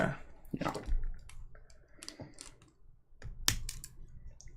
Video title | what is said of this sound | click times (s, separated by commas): Let's Build LIVE: GaoIcarus and Kentaurus/ Isis and Pegasus Megazords | there we go yeah click into place yeah like that's probably like oh like a | 3.5 s